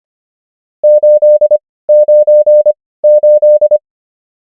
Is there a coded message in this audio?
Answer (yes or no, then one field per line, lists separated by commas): yes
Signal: Morse code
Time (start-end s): 0.8-3.8 s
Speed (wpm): 25 wpm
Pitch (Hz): 600 Hz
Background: none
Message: 898